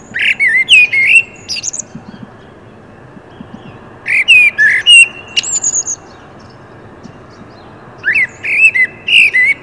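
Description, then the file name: Common blackbird singing three phrases, each a mellow warble run into high scratchy twitters, with gaps of a couple of seconds. "Turdus merula"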